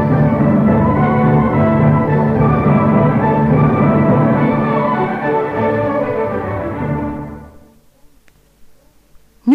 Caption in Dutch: De frequenties boven de 4000 trillingen per seconde onhoorbaar gemaakt.